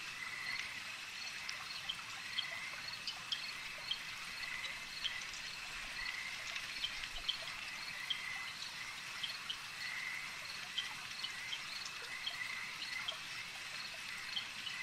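Insect swarm sound, a dense high whine holding steady while faint clicks and chirps sprinkle through it.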